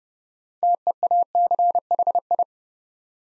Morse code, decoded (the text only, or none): TEACHI